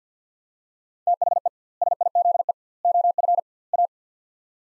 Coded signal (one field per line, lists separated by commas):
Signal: Morse code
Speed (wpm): 50 wpm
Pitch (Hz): 700 Hz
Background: none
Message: THE SIZE OF A